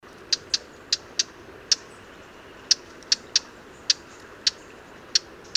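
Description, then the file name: Eurasian blackcap giving a series of hard, dry tac clicks at irregular intervals, about two per second, clear over a quiet background. "Sylvia atricapilla"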